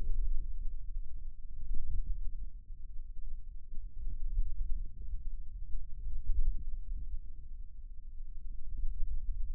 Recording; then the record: forearm muscle sounds (acoustic myography)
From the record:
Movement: wrist flexion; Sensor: system 2, bracelet of six BSWA MPA416 microphones around the upper forearm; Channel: 1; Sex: male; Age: 22 years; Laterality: right